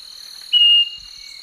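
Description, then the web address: Scaly-breasted Wren song: a single pure, high whistled note held briefly and dropping slightly at the end, over a steady shrill insect drone. Eastern lowlands of South America. "Natures Songs S America Eastern Lowlands Microcerculus marginatus, song"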